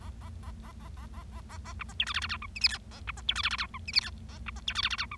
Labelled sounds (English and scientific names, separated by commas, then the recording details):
Bengalese Finch (Lonchura striata domestica) song
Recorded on 25 March 2012 at 14:20
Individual gy6or6